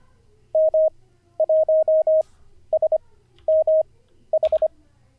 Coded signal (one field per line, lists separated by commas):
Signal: Morse code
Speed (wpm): 24 wpm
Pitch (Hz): 630 Hz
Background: none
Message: M1SMH